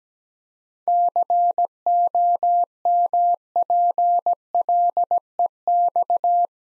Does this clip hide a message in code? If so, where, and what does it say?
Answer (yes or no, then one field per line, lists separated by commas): yes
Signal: Morse code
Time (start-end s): 0.9-6.5 s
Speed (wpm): 17 wpm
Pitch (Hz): 700 Hz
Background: none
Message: COMPLEX